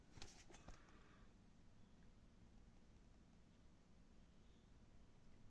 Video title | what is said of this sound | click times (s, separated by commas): Samsung SCX-3200 Toner Cartridge Replacement | and slowly insert the cartridge into the printer until it locks into place. | 0.2 s